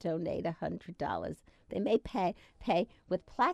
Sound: none

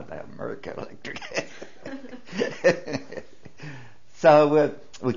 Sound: he laughs

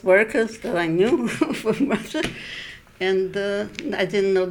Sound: she laughs

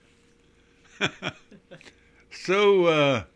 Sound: laughs

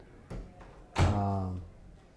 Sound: door shuts

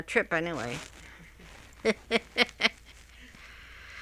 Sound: she laughs

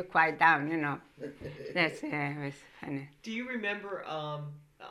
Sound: laughs

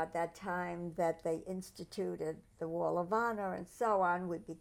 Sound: none

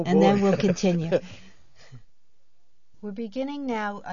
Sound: laughs

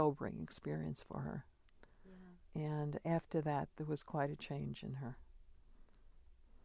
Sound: none

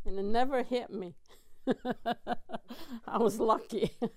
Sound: she laughs

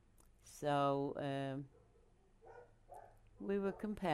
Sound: dogs barking

